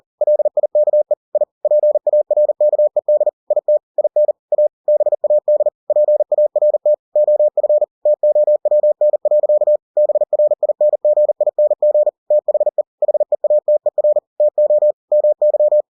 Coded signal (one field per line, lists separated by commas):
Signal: Morse code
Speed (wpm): 40 wpm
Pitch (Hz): 600 Hz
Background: none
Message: LIKE I PARKED IT IN A BAD PART OF TOWN. BRINGING THE HEATER TO MY